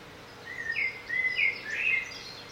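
Bird song in three quick, bright chirping bursts, each slurred and warbling, with brief pauses between them over a soft steady hiss.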